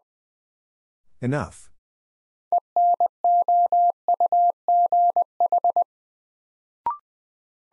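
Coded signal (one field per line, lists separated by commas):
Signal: Morse code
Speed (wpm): 20 wpm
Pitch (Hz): 700 Hz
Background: none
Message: ENOUGH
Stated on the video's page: Morse new-word head-copy drill at 20 wpm, words from the top 400 words, each sent, spoken, then sent again.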